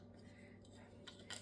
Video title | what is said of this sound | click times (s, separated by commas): How To Make Your Own Ravioli From Scratch //RECIPES | You're going to put your hopper in here. Make sure it clicks. You hear it click. | 1.3 s